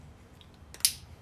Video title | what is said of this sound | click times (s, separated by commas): 2020 #Toyota #Tacoma OEM Led Headlights Upgrade & Install on my 2019 Tacoma | You wanna make sure you hear that click. | 0.8 s